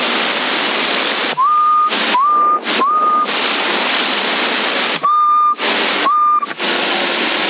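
Five short whistle tones come over hissing CB radio static, recorded in Sassari in February 2024. Each tone slides up and settles on a steady mid-high pitch: three in quick succession, a stretch of plain hiss, then two more.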